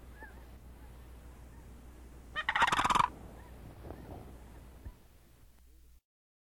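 Sandhill crane giving one loud, rolling, rattled call lasting under a second, with faint low hum and a few soft background sounds.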